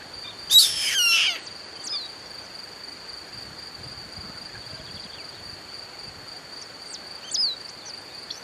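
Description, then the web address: Bird produces a short, coarse, buzzy call at the start, then only faint thin high notes and a constant whining tone for the remaining seconds. "BIRD 2015 SABIOD 50 bird 2015"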